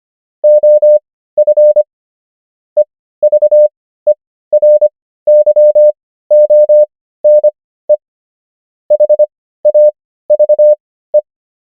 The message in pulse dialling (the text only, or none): none